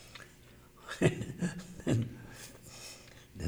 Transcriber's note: laughs